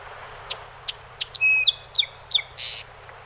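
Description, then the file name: Song sparrow song: three crisp introductory notes evenly spaced, followed by a quick jumble of varied high notes and a short buzz at the end. 48 songs recorded 7 June 2018. "2018-06-07 Song Sp 48 Songs"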